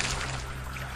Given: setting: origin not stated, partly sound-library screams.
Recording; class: one-second piece from a danger detection set; normal situation